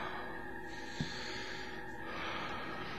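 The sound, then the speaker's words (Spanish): Heavy, agitated breathing of a person hiding inside a locker, with ragged hissing breaths rising and falling over a steady noisy background and a single soft thump partway through. No one speaks. “Observando por la rendija y rezando porque, lo que fuera que fuese, no oyera mi respiración agitada.”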